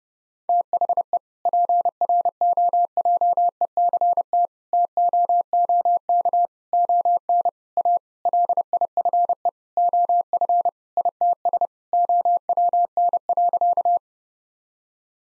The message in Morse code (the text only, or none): THE PROJECT TOOK ON A LIFE OF ITS OWN.